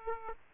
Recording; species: mosquito wingbeat signal from an infrared sensor; Aedes aegypti